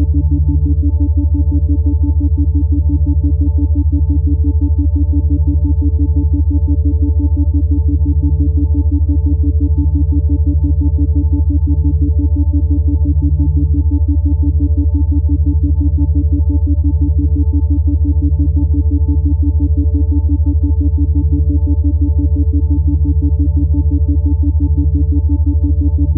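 Binaural beats and isochronic tones sound as a steady, unchanging low hum with a few pure tones stacked above it. A fast, even pulsing runs through the middle tones from start to finish. Nothing else is heard, and the level never shifts.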